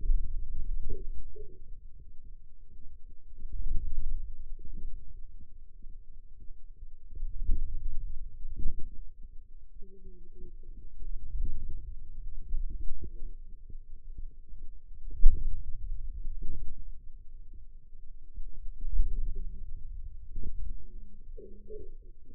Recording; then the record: forearm muscle sounds (acoustic myography)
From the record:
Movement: radial deviation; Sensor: system 2, bracelet of six BSWA MPA416 microphones around the upper forearm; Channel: 2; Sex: female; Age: 21 years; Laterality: right